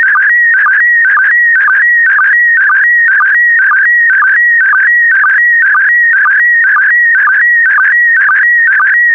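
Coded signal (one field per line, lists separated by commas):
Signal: SSTV (slow-scan television)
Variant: PD120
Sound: warbling, buzzy tone shifting in pitch, with a rhythmic chirp about twice each second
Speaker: complete you can now check your decoded image against the picture that is shown on the video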